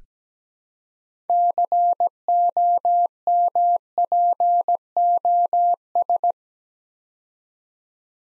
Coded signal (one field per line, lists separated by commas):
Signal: Morse code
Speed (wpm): 17 wpm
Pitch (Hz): 700 Hz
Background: none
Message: COMPOS